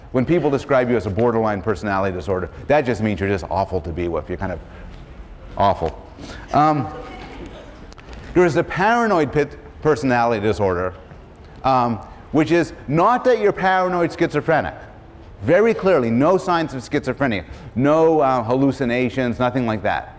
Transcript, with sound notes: When people describe you as a borderline personality disorder, that just means you're just awful to be with, you're kind of awful. [laughter] There is the paranoid personality disorder which is not that you're paranoid schizophrenic, very clearly no signs of schizophrenia, no hallucinations, nothing like that.